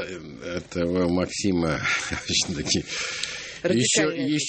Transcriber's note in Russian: смеется